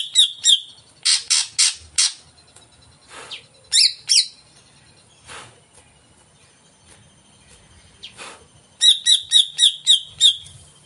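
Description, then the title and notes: Greater green leafbird song: rapid bursts of sharp high chirps in quick runs, separated by short pauses, ending with a fast repeated series. Played as a lure to prompt a caged cucak ijo to sing before it is hung up; described as gacor, in full song. "Pancingan CUCAK IJO Mau Di Gantang. Cucak Ijo Gacor"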